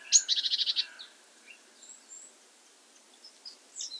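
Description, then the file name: Great tit churring call, a rapid buzzy rattle of about seven notes, followed by scattered faint high chips. "Parus major"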